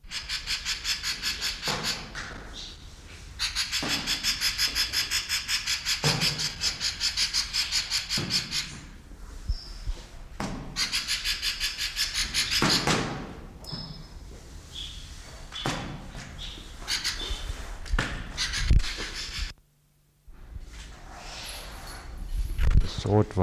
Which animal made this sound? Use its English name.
Streak-breasted Scimitar Babbler